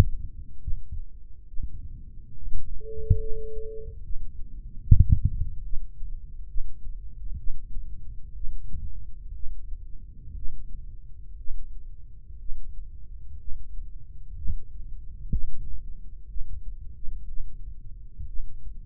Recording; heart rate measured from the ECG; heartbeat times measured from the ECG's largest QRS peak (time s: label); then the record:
heart sounds by microphone in the right ear; 65 bpm
0.61 s: heartbeat
1.48 s: heartbeat
2.36 s: heartbeat
3.20 s: heartbeat
4.03 s: heartbeat
4.84 s: heartbeat
5.64 s: heartbeat
6.48 s: heartbeat
7.38 s: heartbeat
8.35 s: heartbeat
9.34 s: heartbeat
10.36 s: heartbeat
11.38 s: heartbeat
12.40 s: heartbeat
13.39 s: heartbeat
14.37 s: heartbeat
15.32 s: heartbeat
16.29 s: heartbeat
17.28 s: heartbeat
18.27 s: heartbeat
From the record:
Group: healthy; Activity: rest 0-3 s, breath hold 3-19 s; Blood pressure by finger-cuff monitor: 131/72 mmHg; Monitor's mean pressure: 94 mmHg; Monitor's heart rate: 63 bpm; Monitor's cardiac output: 4 L/min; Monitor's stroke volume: 60 mL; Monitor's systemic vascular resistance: 1730 dyn s/cm5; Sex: male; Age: 55 years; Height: 167 cm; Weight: 57.2 kg